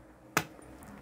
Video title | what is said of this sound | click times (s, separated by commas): How to sew a giant travel bag DIY duffle, sports, gym, multi purpose bag with 6 large pockets | you'll hear a click when you push | 0.4 s